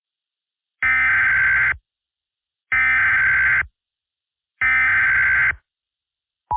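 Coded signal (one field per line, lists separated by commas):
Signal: Emergency Alert System (SAME) tones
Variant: header bursts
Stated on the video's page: Fictional EAS scenario, not a real alert, using synthesized sirens for a shelter-in-place warning.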